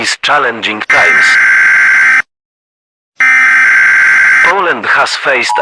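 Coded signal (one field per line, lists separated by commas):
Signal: Emergency Alert System (SAME) tones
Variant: header bursts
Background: speech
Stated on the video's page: Fictional EAS scenario, simulated alert.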